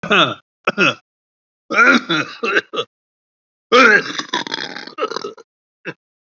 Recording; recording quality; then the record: heavy voluntary cough; excellent, no background noise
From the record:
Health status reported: COVID-19 positive, mild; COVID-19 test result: positive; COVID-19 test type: RT-PCR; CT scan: taken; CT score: 2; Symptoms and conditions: cough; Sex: male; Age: 60 years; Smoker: no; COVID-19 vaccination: both doses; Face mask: worn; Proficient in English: no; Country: India